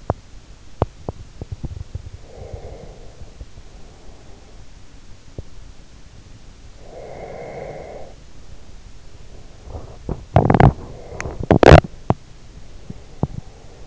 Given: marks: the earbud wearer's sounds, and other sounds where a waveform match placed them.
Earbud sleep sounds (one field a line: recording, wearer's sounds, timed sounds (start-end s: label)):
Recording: sounds in sleep by an in-ear microphone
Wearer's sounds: teeth grinding, breath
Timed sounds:
0.00-1.54 s: teeth grinding
2.17-5.26 s: breath
6.87-8.14 s: breath
9.68-13.87 s: teeth grinding